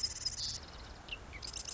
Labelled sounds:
Marsh Wren (Cistothorus palustris)
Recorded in Sonoma County, California

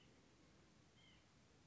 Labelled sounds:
White-breasted Nuthatch (Sitta carolinensis)
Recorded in Sonoma County, California

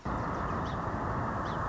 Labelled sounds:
Song Sparrow (Melospiza melodia)
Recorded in Sonoma County, California

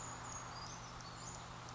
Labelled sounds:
Brown Creeper (Certhia americana)
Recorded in Sonoma County, California

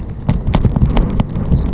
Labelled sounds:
Savannah Sparrow (Passerculus sandwichensis)
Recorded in Sonoma County, California

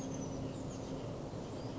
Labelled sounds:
Oak Titmouse (Baeolophus inornatus)
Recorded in Sonoma County, California

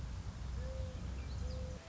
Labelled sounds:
Mourning Dove (Zenaida macroura)
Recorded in Sonoma County, California

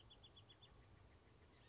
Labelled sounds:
Bewick's Wren (Thryomanes bewickii)
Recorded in Sonoma County, California

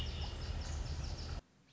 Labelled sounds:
American Robin (Turdus migratorius)
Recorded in Sonoma County, California

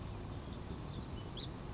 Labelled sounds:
Song Sparrow (Melospiza melodia)
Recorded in Sonoma County, California

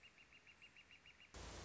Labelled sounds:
Northern Flicker (Colaptes auratus)
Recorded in Sonoma County, California

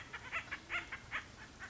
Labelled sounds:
Acorn Woodpecker (Melanerpes formicivorus)
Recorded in Sonoma County, California

